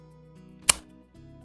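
A rechargeable lithium battery pack is pushed into the battery compartment of a Godox V1 speedlight flash, its contacts aligned with the flash's contacts. A single sharp click at 0.7 s shows the battery seating into place, with a low background hum before and after. The battery is confirmed in place.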